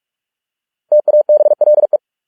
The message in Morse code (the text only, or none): TABLE